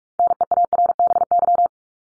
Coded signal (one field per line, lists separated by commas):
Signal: Morse code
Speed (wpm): 44 wpm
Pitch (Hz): 700 Hz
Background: none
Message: NEARBY